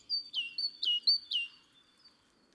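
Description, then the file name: Great tit singing ringing see-saw phrases, high flat whistle then a dropping note, three times, fading into quiet at the end. "Parus major"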